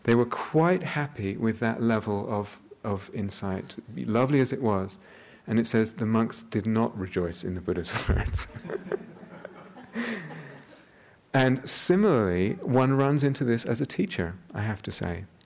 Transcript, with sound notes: They were quite happy with that level of insight, lovely as it was. It says the monks did not rejoice in the Buddha's words. [laughter] Similarly, one runs into this as a teacher, I have to say.